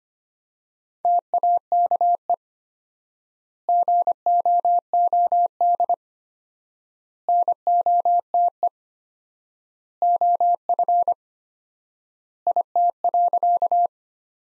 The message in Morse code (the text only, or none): TAKE GOOD NOTE OF IT.